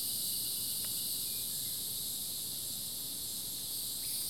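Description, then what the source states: Insect chorus of steady, layered high-pitched droning that never pauses, over soft low background noise. Summer chorus.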